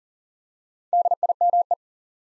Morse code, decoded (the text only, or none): DIME